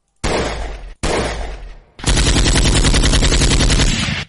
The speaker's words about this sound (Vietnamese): Khẩu súng nhả đạn liên tục. Tên vệ sĩ cháy trước mặt thằng nhị thế tổ lập tức bị bắn thành tổ ong.